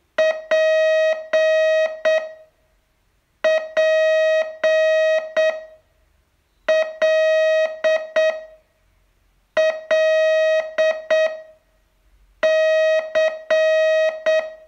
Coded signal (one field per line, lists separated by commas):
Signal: Morse code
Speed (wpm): 7 wpm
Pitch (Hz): 630 Hz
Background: music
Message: P P L L C